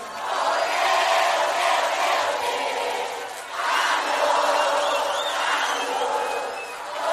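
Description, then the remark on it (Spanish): A live show audience cheers and shouts loudly and continuously as the crowd welcomes the performer, a dense roar of many voices with a brief dip midway before surging again, scattered higher whoops and whistles on top. “Gracias a la vagancia por recibirme así.”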